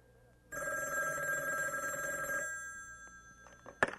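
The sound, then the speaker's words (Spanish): A telephone bell rings in one long continuous burst with a bright, metallic, high-pitched trill, then stops abruptly, followed by faint quiet handling noises and a brief click. “voy a atender el teléfono.”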